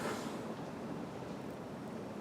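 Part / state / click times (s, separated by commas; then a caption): ball bearing detent in a 3/8 ratchet head / not seated / none. While a cleaned 3/8 FLEET 1260 ratchet is reassembled, its steel part is turned so the spring-loaded ball bearing in the ratchet head moves toward the slot and its detent. Only steady broadband noise is heard, with no sharp transients. Nothing has seated or clicked yet.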